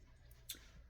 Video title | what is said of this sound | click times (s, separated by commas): Kenshin Himura The Battosai unboxing | there you go, and you're gonna hear small click. | 0.5 s